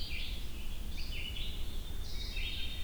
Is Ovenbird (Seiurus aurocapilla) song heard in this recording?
no